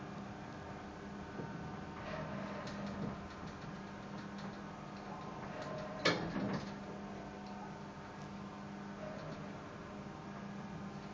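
An old elevator runs with a steady low mechanical hum and faint whine underneath. Rattling clicks and creaks come through, with a sharp clank near six seconds and smaller knocks around two and nine seconds.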